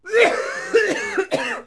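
Acted sound effect of an adult coughing.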